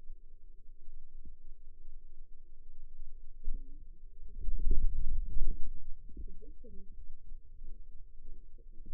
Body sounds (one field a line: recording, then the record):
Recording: forearm muscle sounds (acoustic myography)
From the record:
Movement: radial deviation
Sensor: system 2, bracelet of six BSWA MPA416 microphones around the upper forearm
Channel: 2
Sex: female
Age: 21 years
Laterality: right